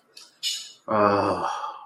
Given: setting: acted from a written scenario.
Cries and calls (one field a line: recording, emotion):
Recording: vocal sound without words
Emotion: guilt